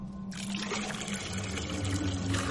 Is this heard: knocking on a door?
no